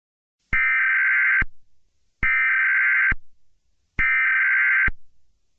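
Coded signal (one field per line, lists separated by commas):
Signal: Emergency Alert System (SAME) tones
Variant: header bursts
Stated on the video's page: Fictional EAS scenario using valid EAS tones.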